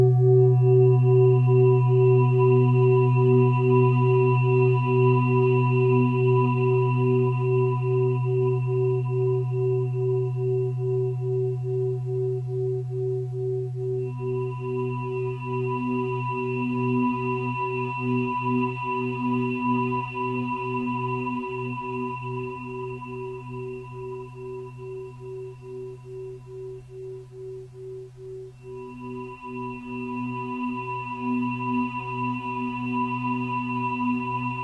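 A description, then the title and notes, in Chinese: A singing bowl rings with a deep, steady hum and a bright ringing tone above it that wavers gently. The bowl seems to be struck or rubbed again around 14 and 28 seconds, renewing the upper ring, while the low drone sustains throughout. 胰及DNA频率117.3-528Hz丨颂钵。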